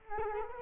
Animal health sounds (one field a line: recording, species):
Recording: mosquito wingbeat signal from an infrared sensor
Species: Culex quinquefasciatus